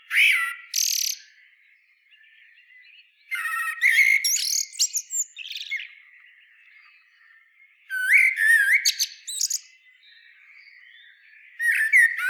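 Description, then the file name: Common blackbird delivering several song phrases, each mixing low fluted notes with thin, high chattering notes, separated by quieter gaps. "Turdus merula"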